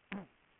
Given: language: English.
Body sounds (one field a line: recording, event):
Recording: throat vibration sensor signal played as sound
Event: throat clearing